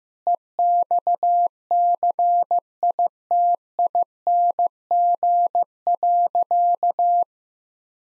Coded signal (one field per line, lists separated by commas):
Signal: Morse code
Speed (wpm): 15 wpm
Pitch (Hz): 700 Hz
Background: none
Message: EXCITING.